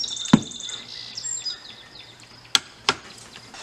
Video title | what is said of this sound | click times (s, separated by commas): Jeep Grand Cherokee L Oil Change - WL - (2021, 2022+) | so we got a click on our torque wrench | 2.5 s